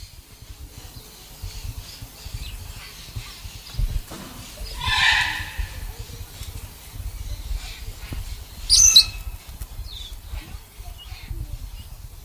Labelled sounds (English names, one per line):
Meyer's Parrot call